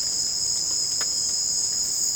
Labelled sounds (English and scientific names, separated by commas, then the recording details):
none
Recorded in pastures near Puerto Asís, Putumayo, Colombia, on 30 June 2025 at 18:00
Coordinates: 0.496, -76.326
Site GP01